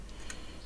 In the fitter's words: that's oh that's nice that's got that indexing as well thing just clicks into place